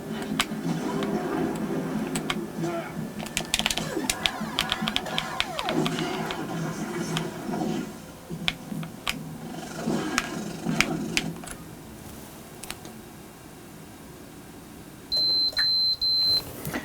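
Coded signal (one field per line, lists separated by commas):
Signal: beep code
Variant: PS4 Pro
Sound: talking and clicking, then a high steady beep, possibly three beeps, near the end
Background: speech, keyboard clicks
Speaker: You heard the 3 beeps and then the PS4 Pro shut down.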